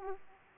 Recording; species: mosquito wingbeat signal from an infrared sensor; Aedes aegypti